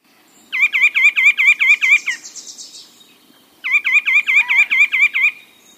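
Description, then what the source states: Nuthatch calling: two bursts of several evenly spaced nasal notes, separated by a pause. Played as a mystery sound; probably the red-breasted type; goes headfirst down trees; present year-round; likes bird feeders and conifer forests.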